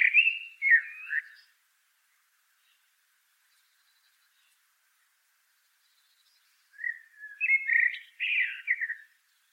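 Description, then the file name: Common blackbird song: two mellow, fluted warbling phrases separated by several seconds of quiet, the second longer and more varied. "Turdus merula"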